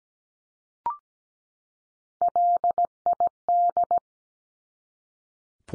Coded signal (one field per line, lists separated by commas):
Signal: Morse code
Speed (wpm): 17 wpm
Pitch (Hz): 700 Hz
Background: none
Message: LID